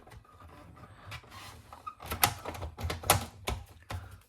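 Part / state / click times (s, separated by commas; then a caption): power supply connector into game console / seated / 2.2 s, 3.1 s. A power supply connector on an Xbox One S game console is pushed back into place, with faint handling noise and sharp plastic clicks at 2.2 s and 3.1 s. The power supply ends up firmly seated.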